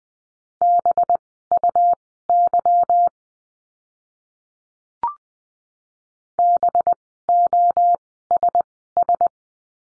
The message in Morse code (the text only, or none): BUY BOSS